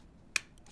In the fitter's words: we're working our way back up and right before the end we should hear the second click here it comes